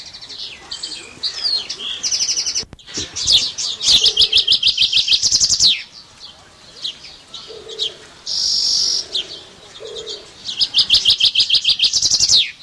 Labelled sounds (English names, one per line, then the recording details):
Common Chaffinch song
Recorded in captivity
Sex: male
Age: adult
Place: Zoo Berlin, Berlin, DE
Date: 1987-07-02 11:37
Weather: sunny, 20°C
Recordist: Tembrock, Günter